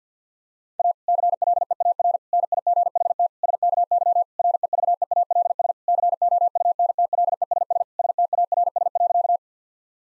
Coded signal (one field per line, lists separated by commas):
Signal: Morse code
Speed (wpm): 50 wpm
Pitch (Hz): 700 Hz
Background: none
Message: A CLEAR NIGHT SKY REVEALS COUNTLESS STARS.